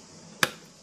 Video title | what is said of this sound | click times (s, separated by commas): ชาใส ชากรีนที (ชงขวดพร้อมดื่ม) Green tea 녹차 Grüner Tee Té verde Grönt te شاي أخضر | เสียงดังแบบนี้ฝาปิดสนิทแล้วเทให้เต็มขวด | 0.4 s